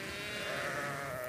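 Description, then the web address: Sheep giving one sustained, quavering bleat lasting over a second, steady in pitch. "Hoerstationen Schafe"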